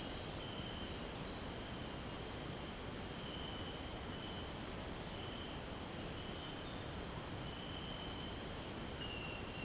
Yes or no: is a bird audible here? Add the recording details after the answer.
no. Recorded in dense forest near Puerto Asís, Putumayo, Colombia, on 19 March 2025 at 18:00. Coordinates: 0.500, -76.322. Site GP06